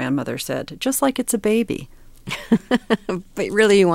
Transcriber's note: laughter